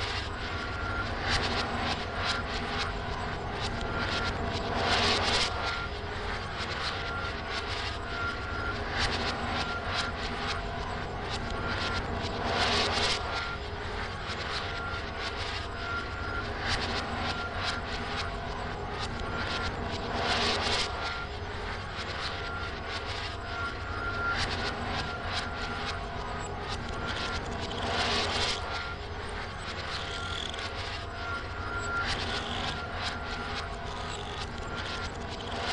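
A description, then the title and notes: A modulated music box, a large empty oil tank and broken cymbals merge into a dense, steady metallic drone with bright crashes every few seconds. Modulated music box, large empty oil tank, broken cymbals.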